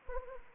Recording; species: mosquito wingbeat signal from an infrared sensor; Anopheles arabiensis